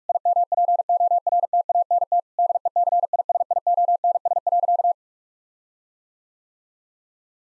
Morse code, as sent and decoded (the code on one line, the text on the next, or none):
.. -- .--. --- .-. - .- -. - / -.. . -.-. .. ... .. --- -. ... .-.-.-
IMPORTANT DECISIONS.